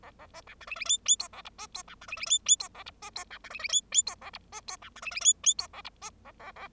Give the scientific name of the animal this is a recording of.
Lonchura striata domestica